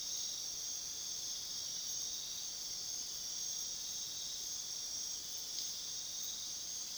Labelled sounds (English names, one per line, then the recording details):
none
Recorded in pastures near Puerto Asís, Putumayo, Colombia, on 21 February 2024 at 01:00
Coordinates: 0.497, -76.327
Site G7276